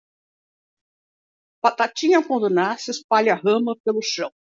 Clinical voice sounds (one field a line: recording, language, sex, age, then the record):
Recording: short text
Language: Brazilian Portuguese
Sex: female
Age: 70 to 79 years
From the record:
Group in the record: control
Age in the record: 71 years